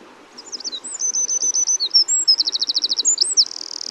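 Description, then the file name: Eurasian wren song, a quick energetic run of high piercing notes breaking into a rapid rattling trill, continuing throughout. "Troglodytes troglodytes"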